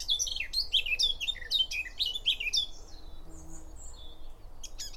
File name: Sylvia atricapilla